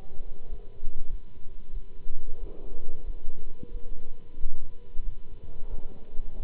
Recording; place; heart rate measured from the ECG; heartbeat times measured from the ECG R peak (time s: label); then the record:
heart sounds by stethoscope; between the tricuspid and mitral areas; 92 bpm
0.48 s: heartbeat
1.08 s: heartbeat
1.72 s: heartbeat
2.39 s: heartbeat
3.04 s: heartbeat
3.70 s: heartbeat
4.38 s: heartbeat
5.03 s: heartbeat
5.68 s: heartbeat
6.36 s: heartbeat
From the record:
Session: Bruce protocol treadmill stress test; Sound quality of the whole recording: good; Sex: male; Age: 26 years